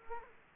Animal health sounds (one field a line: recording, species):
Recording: mosquito wingbeat signal from an infrared sensor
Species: Culex quinquefasciatus